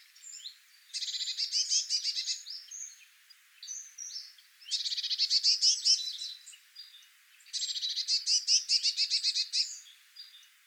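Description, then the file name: Eurasian blue tit calling in three bursts, each a quick run of high, evenly spaced ticking notes roughly every three seconds, with thin whistled notes between them. "Cyanistes caeruleus"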